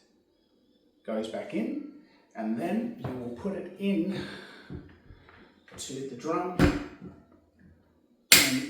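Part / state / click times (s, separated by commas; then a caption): kayak paddle drive arm into drive drum / seated / 8.3 s. The right-hand drive arm of a Kayaks2fish MaxDrive kayak paddle drive is squeezed and pushed into the paddle-drive drum while someone talks. A loud plastic click at 8.3 s shows the arm has seated in the drum.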